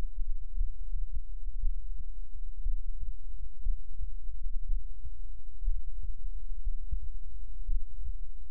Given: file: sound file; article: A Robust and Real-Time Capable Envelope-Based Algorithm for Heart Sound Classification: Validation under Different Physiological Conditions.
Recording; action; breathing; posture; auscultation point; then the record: heart sounds by electronic stethoscope; rest; normal; lying on right side; Erb’s point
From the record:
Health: healthy, no known heart disease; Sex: male